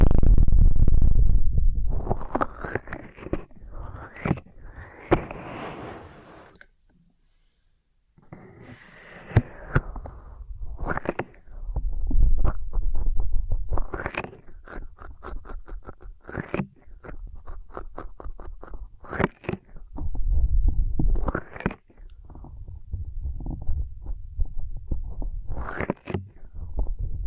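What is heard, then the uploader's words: Ear cleaning sounds: soft rustling and scraping, with a deep muffled rumble underneath. Sharp crackling clicks and snaps pop out every second or two, a few louder ones near 4, 10, 19 and 26 seconds. A brief silent gap falls around 7 seconds. ASMR Intense Electrifying Ear Cleaning (No Talking).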